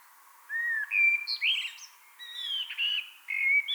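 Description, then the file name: Common blackbird singing a continuous run of rich warbled whistles, some rising and some falling, with brief high squeaks mixed in. "Turdus merula"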